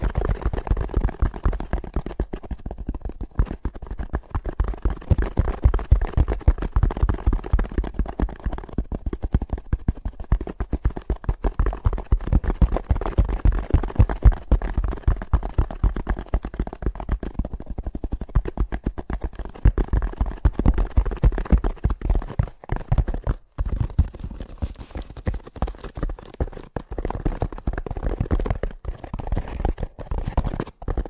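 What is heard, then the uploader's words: Fast tapping runs without pause for about thirty seconds, a dense, rapid stream of short knocks that blur into a rattling texture. The hits are low and dull rather than bright, with a brief drop-out near 23 seconds before the tapping resumes at the same pace. ASMR Braingasm Inducing Fast Tapping (No Talking).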